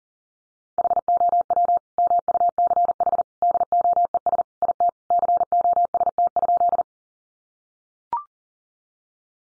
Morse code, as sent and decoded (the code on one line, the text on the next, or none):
.... --- .-- / -- ..- -.-. .... / -.. --- . ... / .. - / -.-. --- ... - ..--..
HOW MUCH DOES IT COST?